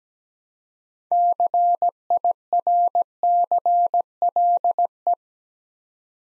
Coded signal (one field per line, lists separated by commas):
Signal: Morse code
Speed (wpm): 17 wpm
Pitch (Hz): 700 Hz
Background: none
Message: CIRCLE